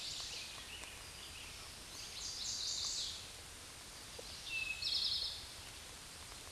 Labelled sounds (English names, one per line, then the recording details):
Eastern Towhee song
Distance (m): 30 m
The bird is about 20 m above the microphone
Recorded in a Pennsylvania forest on 16 May 2024 at 09:07
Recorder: AudioMoth, point MSD-2131
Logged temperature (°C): 14.8 °C
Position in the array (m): 63 m, 15 m